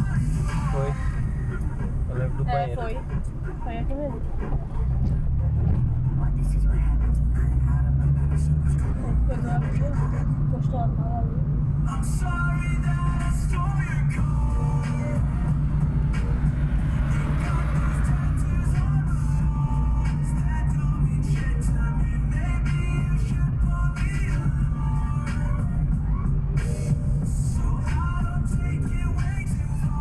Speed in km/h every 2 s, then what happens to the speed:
15, 9, 8, 9, 13, 19, 36, 38, 37, 37, 36, 34, 29, 26, 22.
0-2 slows to 9. 6-14 speeds up to 38. 14-22 steady at about 37. 22-30 slows to 22.